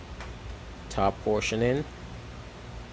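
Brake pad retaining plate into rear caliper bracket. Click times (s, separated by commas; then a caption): 0.2 s. The top portion of a metal anti-rattle retaining plate is pressed into a rear brake caliper bracket on a Mercedes-Benz E350 during a rear brake replacement. A short, sharp tick is heard at 0.2 s, followed by someone talking. The plate's top portion snaps in and is seated.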